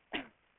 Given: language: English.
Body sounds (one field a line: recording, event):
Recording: throat vibration sensor signal played as sound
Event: cough